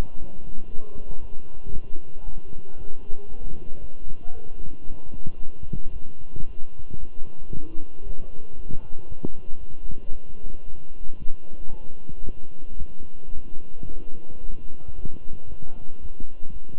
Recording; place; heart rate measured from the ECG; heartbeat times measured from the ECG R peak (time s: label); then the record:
heart sounds by stethoscope; between the tricuspid and mitral areas; 114 bpm
0.18 s: heartbeat
0.70 s: heartbeat
1.20 s: heartbeat
1.72 s: heartbeat
2.24 s: heartbeat
2.77 s: heartbeat
3.28 s: heartbeat
3.80 s: heartbeat
4.33 s: heartbeat
4.86 s: heartbeat
5.39 s: heartbeat
5.92 s: heartbeat
6.45 s: heartbeat
6.99 s: heartbeat
7.50 s: heartbeat
8.03 s: heartbeat
8.55 s: heartbeat
9.08 s: heartbeat
9.59 s: heartbeat
10.11 s: heartbeat
10.64 s: heartbeat
11.18 s: heartbeat
11.70 s: heartbeat
12.24 s: heartbeat
12.78 s: heartbeat
13.33 s: heartbeat
13.87 s: heartbeat
14.40 s: heartbeat
14.95 s: heartbeat
15.48 s: heartbeat
16.01 s: heartbeat
16.52 s: heartbeat
From the record:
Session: walking at 3.7 km/h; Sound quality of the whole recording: good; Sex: male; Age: 23 years